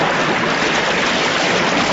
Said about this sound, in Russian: Шумит, кипит в камнях река.